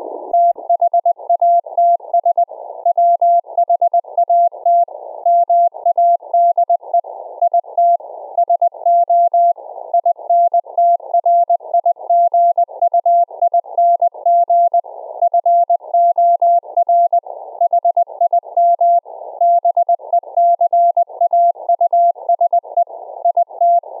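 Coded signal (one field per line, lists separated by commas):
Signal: Morse code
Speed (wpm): 20 wpm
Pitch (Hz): 690 Hz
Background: none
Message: THATS WHAT MADE IT SO INTRIGUING FOR HIM BECAUSE IT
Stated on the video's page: CW sent over a remote rig via Secure Reliable Transport protocol through a Raspberry Pi rig interface.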